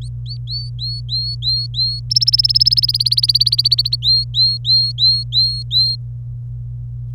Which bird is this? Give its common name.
Domestic Canary